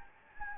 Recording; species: mosquito wingbeat signal from an infrared sensor; Anopheles gambiae